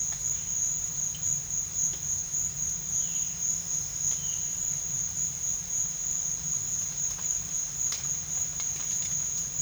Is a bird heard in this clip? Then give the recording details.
no. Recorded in secondary vegetation near Puerto Asís, Putumayo, Colombia, on 30 June 2025 at 14:30. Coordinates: 0.498, -76.327. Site GP09